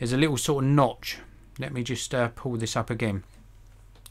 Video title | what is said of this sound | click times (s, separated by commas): Samsung Galaxy Note 8 Unboxing & First Impressions | the pins located here you click and it releases and then | 4.1 s